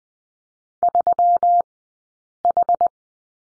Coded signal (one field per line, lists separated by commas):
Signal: Morse code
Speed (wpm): 20 wpm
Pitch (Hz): 700 Hz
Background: none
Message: 3H